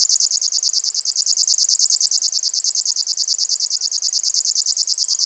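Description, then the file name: River warbler singing a steady, mechanical series of rapid, high buzzy pulses, with no pause and no other clear sounds. "sverchok rechnojj"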